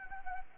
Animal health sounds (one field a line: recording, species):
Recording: mosquito wingbeat signal from an infrared sensor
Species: Anopheles gambiae